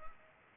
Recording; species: mosquito wingbeat signal from an infrared sensor; Culex pipiens